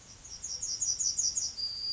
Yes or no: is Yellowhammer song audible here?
yes